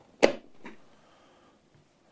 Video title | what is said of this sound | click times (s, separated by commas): System Build 37 - Build With Brian - New Case DIY - DIY-S05-BK - Simple TrueNAS Server (2025) | make sure it's lined up. Push in and it should click in. | 0.2 s